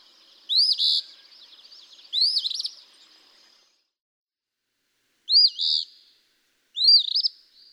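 Eastern phoebe song: four raspy, buzzy two-part phrases, each a quick rising then falling stutter, given in pairs with a longer pause between the pairs.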